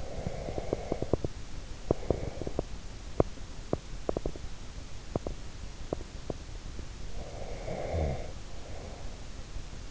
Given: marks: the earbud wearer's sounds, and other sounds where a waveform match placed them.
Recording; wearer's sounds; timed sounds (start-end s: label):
sounds in sleep by an in-ear microphone; breath, teeth grinding, snoring breath
0.00-2.65 s: breath
0.49-6.85 s: teeth grinding
7.13-9.66 s: snoring breath